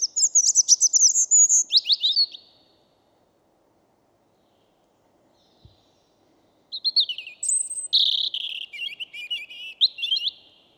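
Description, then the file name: European robin song phrases of quick high twitters and liquid trills, separated by a silent gap of about four seconds. "Erithacus rubecula"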